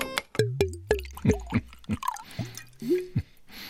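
A drink is poured from a bottle into a glass, with a quick series of hollow glugs whose pitch bends upward, each burst separated by short gaps, with no voices.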